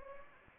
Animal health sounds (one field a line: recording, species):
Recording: mosquito wingbeat signal from an infrared sensor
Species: Anopheles gambiae